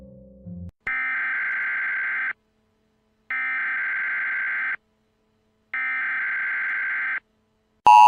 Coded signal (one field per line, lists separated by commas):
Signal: Emergency Alert System (SAME) tones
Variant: header bursts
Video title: EAS | Hacked Alert